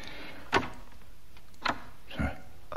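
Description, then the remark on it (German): A door is opened with three short knocking clunks, the last a heavier thud, spaced out over a few seconds against a faint steady background hiss. “Die Tür ist offen.”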